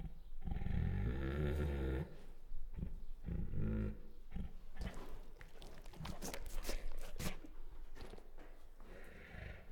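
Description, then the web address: Bengal tiger giving two low harmonic growls early, then scattered noisy scuffing sounds fill the rest. Female Bengal tiger; chuffs, growls and whines. "Sound Ideas Tigers Sound Effects Female Bengal Tiger Chuffs, Growls and Whines"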